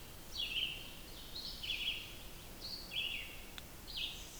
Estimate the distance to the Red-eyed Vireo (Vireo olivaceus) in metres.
about 30 m